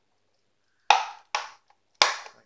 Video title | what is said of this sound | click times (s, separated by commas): When your Roomba 660 meets a pile of Dog Poop | locks into place that's the | 0.9 s, 2.0 s